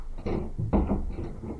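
A door swings shut with a heavy wooden thud, followed by a second dull knock and a low rattling tail, over a steady background hum.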